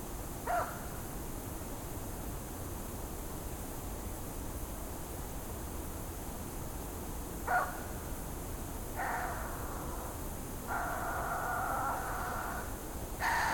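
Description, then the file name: Ural owl making short gruff barks separated by long gaps, then a drawn-out rasping, scratchy call lasting nearly two seconds, over background hiss. "Strix uralensis - Ural Owl"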